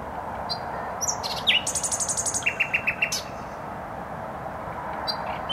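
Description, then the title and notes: Nightingale song with a fast buzzy high series followed by five evenly spaced piping notes, then a pause, with constant traffic rumble underneath. Singing in bushes close to a noisy motorway, Trasa Toruńska, Bródno-Podgrodzie, Warsaw, Poland; recorded with an Olympus LS-11. "Bródno-Podgrodzie, Warszawa, Polska - Trasa Toruńska Nightingale. Recording nightingale singing in bushes close to noisy motorway"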